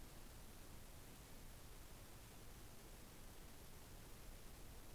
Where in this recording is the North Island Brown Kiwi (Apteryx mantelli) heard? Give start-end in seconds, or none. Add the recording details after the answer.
none. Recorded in New Zealand on 6 December 2014. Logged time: 23:43. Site BV21